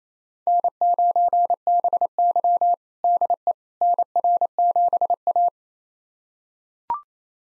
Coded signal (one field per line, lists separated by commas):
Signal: Morse code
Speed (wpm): 28 wpm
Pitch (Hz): 700 Hz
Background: none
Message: N9BY DE NR7A